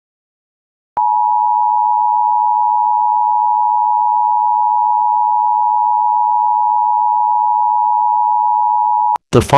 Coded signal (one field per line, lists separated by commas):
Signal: Emergency Alert System (SAME) tones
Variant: 853 and 960 Hz attention tone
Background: speech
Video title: EAS SCENARIO: The Los Santos Riots {VALID TONES}